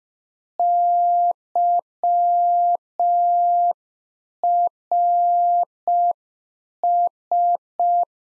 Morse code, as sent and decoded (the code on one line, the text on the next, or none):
-.-- .-. ...
YRS